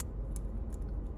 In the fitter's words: just click right in there okay just like that flip it back over